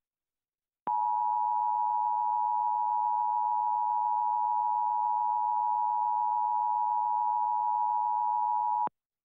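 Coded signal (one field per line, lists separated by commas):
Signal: Emergency Alert System (SAME) tones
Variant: 853 and 960 Hz attention tone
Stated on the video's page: Flash Flood Warning for Fresno, Madera and Mariposa counties, with valid tones shown on a new EASyFiOS screen test.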